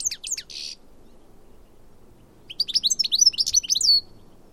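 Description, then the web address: Bird gives a few downslurred chirps and a buzzy note, goes quiet, then sings a quick series of high notes. "Deverinetal"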